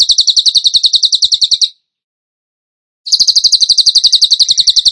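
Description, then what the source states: Bird song: two runs of fast, pulsing high trills separated by a brief gap. Masteran training recording; song in the tembakan gacor style.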